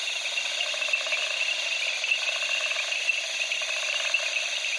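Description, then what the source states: Frogs give short bursts of fast rattling pulses over the steady shrill trilling of many crickets. At night among reeds in the Okavango, Africa, with crickets and frogs calling.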